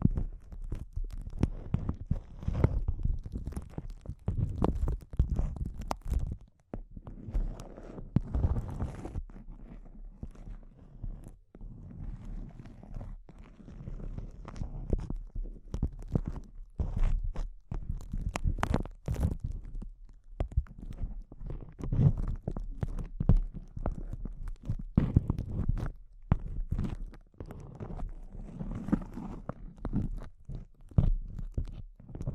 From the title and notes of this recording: ASMR Intense Close-Up Crinkles (No Talking).